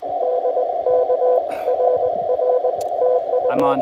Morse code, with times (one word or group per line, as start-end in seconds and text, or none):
0.2-1.4 DK
1.7-2.7 RR
3.0-3.7 TU